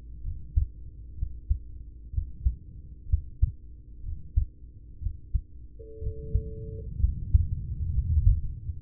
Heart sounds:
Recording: heart sounds by stethoscope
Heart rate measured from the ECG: 63 bpm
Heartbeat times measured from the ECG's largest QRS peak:
0.20 s: heartbeat
1.14 s: heartbeat
2.10 s: heartbeat
3.06 s: heartbeat
4.00 s: heartbeat
4.98 s: heartbeat
5.99 s: heartbeat
6.97 s: heartbeat
7.88 s: heartbeat
8.79 s: heartbeat
From the record:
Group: heart failure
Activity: rest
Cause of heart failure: ischemic heart disease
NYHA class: 1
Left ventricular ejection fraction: 33%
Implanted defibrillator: present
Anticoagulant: apixaban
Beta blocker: carvedilol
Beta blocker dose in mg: 18.75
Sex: male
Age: 39 years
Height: 168 cm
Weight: 72 kg

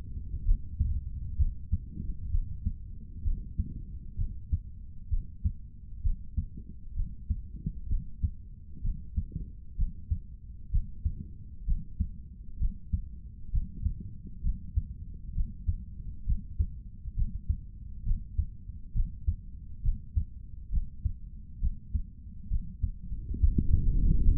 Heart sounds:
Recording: heart sounds by stethoscope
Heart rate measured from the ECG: 66 bpm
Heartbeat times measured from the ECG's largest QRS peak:
0.44 s: heartbeat
1.37 s: heartbeat
2.30 s: heartbeat
3.23 s: heartbeat
4.16 s: heartbeat
5.09 s: heartbeat
6.02 s: heartbeat
6.94 s: heartbeat
7.87 s: heartbeat
8.81 s: heartbeat
9.76 s: heartbeat
10.70 s: heartbeat
11.65 s: heartbeat
12.58 s: heartbeat
13.50 s: heartbeat
14.42 s: heartbeat
15.33 s: heartbeat
16.25 s: heartbeat
17.15 s: heartbeat
18.04 s: heartbeat
18.93 s: heartbeat
19.81 s: heartbeat
20.70 s: heartbeat
21.59 s: heartbeat
22.48 s: heartbeat
23.39 s: heartbeat
24.22 s: heartbeat
From the record:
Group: healthy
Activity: Valsalva maneuver 0-23 s, rest 23-24 s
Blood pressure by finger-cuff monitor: 83/53 mmHg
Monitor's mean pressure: 64 mmHg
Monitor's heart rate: 65 bpm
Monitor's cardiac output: 3.4 L/min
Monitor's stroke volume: 52 mL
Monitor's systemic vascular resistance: 1200 dyn s/cm5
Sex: male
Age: 55 years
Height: 167 cm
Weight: 57.2 kg

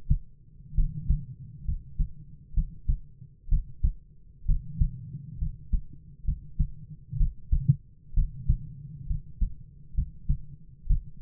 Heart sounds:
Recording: heart sounds by stethoscope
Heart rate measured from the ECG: 65 bpm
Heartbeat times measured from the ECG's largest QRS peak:
0.74 s: heartbeat
1.64 s: heartbeat
2.53 s: heartbeat
3.48 s: heartbeat
4.45 s: heartbeat
5.37 s: heartbeat
6.24 s: heartbeat
7.16 s: heartbeat
8.13 s: heartbeat
9.06 s: heartbeat
9.94 s: heartbeat
10.86 s: heartbeat
From the record:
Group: healthy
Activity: rest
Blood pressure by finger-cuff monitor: 101/55 mmHg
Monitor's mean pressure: 65 mmHg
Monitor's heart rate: 62 bpm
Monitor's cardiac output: 7.2 L/min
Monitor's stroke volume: 111 mL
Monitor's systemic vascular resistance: 630 dyn s/cm5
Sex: male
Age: 22 years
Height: 185 cm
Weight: 112.4 kg

